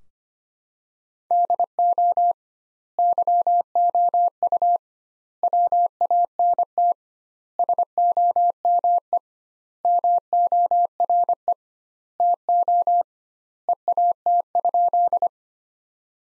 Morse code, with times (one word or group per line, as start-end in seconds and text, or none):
1.3-2.3 DO
3.0-4.8 YOU
5.4-6.9 WANT
7.6-9.2 SOME
9.8-11.5 MORE
12.2-13.0 TO
13.7-15.3 EAT?